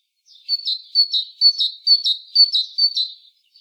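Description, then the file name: Great tit song: a quick repeated two-note phrase, high then slightly lower, about six phrases in three seconds, ringing and clear against silence. "Parus major"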